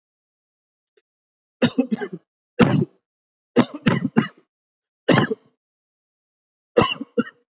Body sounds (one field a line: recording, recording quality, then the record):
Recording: shallow voluntary cough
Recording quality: excellent, no background noise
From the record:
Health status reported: healthy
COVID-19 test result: not tested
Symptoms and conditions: none ticked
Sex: male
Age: 31 years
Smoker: not ticked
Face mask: not worn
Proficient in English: yes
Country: India